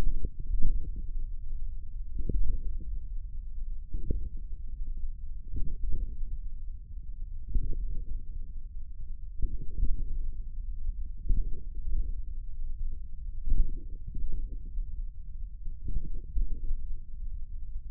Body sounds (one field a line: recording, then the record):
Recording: forearm muscle sounds (acoustic myography)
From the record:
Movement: tripod grip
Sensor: system 1, eight BSWA MPA416 microphones around the upper forearm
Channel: 5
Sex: male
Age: 41 years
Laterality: right